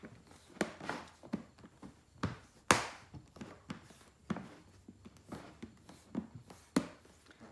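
The plastic lid of a new paint palette is pressed down around its rim onto the tray, producing snaps at 0.6, 2.7 and 6.8 s among softer taps and handling noise. Being new, it needs no extra force such as pressing with a foot, and the lid ends up snapped firmly shut onto the tray.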